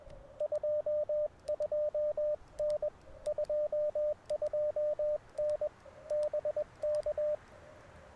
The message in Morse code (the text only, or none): 22N 22N BK